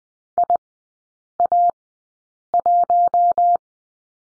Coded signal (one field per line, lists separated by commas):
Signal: Morse code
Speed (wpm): 19 wpm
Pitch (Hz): 700 Hz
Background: none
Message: IA1